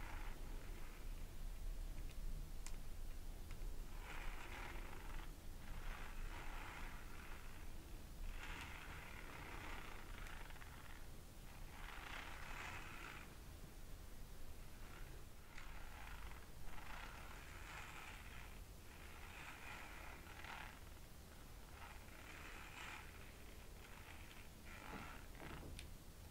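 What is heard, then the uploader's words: Glass pebbles and beads are stirred and shuffled in short rattling bursts, coming every second or two across the clip, bright. A few sharper clicks stand out near the start, middle and end, over a steady low hum underneath. Glass Pebbles beads.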